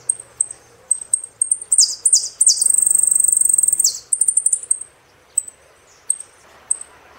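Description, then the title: Saffron finch calling with repeated sharp high chips that build into swooping slurred notes and a rapid buzzing trill, then return to spaced chips. "Jilguero Argentino"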